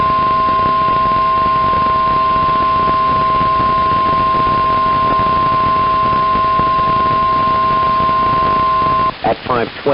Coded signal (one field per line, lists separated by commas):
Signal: Emergency Alert System (SAME) tones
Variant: 1050 Hz attention tone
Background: speech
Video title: [EAS #114-141] June 21st, 2021 Severe Weather Event